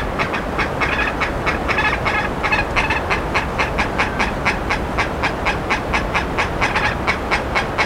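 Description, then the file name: Bird repeating short call notes about twice a second throughout, over steady low background noise. "SABIOD 50 bird 2015"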